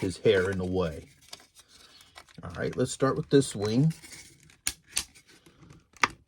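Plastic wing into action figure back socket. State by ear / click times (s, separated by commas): seated / 6.0 s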